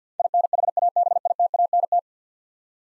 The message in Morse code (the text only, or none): INHABITANT